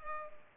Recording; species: mosquito wingbeat signal from an infrared sensor; Culex pipiens